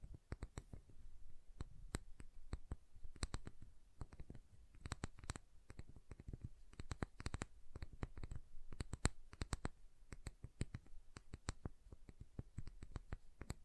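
Fingers tap and scrape at a bar of soft and hard soap, producing a steady run of crisp, sharp clicks with no pauses for the full length. The taps come quickly and irregularly, some landing heavier with a dull low knock beneath the bright tick.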